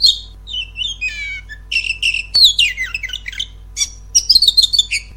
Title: Masteran Terapi Kacer Bakalan Masteran Terapi Kacer Bisu